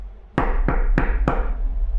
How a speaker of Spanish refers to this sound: Golpearon la puerta hasta que el carpintero abrió.